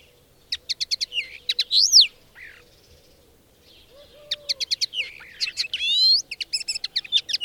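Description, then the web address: Bird song in two bursts of rapid high chirps, sharp downward strokes and rising whistled sweeps, with a quiet pause between phrases. "madarak enek"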